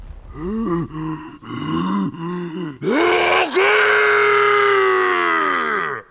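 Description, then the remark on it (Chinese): A human voice imitates the roar of the giant Grawp from Harry Potter as he bends down a little: three short, strained groaning bursts, then one long, loud, deep bellow that holds steady for several seconds before trailing off. “马人们绷紧了拉着弓弦的胳膊，格洛普把身子弯下一点，大吼一声。”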